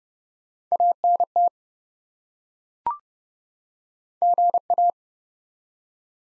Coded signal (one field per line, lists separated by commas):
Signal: Morse code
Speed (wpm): 31 wpm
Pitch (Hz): 700 Hz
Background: none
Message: ANT GA